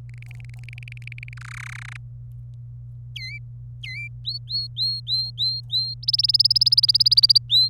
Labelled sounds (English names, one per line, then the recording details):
Domestic Canary song
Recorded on 27 April 2018 at 15:32
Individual llb3